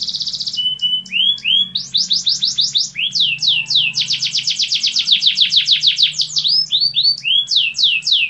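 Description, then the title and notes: Atlantic canary song: high, fast sweeping notes packed into rapid rolling trills with brief changes of phrase, continuous throughout. Canary (kenari) master song, a tutor song used for training other canaries to sing. "Suara Burung Kenari Masteran. master suara burung kenari mantap"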